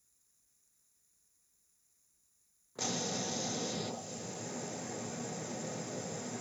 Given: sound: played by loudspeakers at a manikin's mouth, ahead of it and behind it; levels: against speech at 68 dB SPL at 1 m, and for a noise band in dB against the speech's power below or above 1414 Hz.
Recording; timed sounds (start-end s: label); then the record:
test signals for a remote microphone
2.78-6.41 s: speech-spectrum noise from ahead, +10 dB
From the record:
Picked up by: remote microphone A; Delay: 47 ms